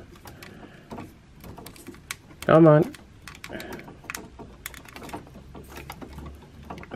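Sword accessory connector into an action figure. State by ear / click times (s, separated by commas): partly seated / 4.7 s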